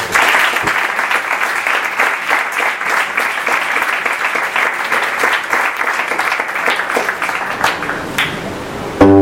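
An audience applauds steadily for about nine seconds, a dense, even wash of clapping hands that stays loud throughout before cutting off abruptly at the end.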